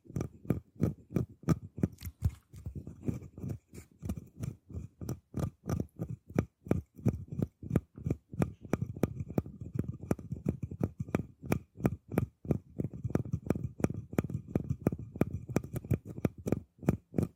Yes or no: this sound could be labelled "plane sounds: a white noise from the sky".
no